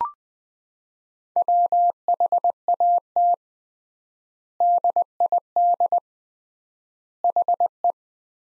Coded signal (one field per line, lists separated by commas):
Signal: Morse code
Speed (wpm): 20 wpm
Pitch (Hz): 700 Hz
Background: none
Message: WHAT DID HE